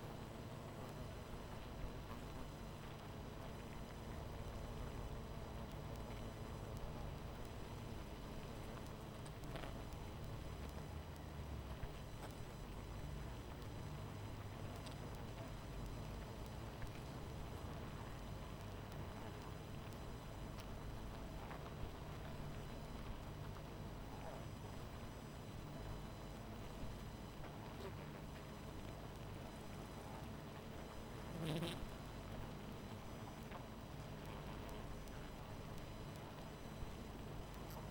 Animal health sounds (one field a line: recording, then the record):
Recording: honeybee colony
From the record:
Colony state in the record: missing queen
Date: 14 July 2017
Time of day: 22:20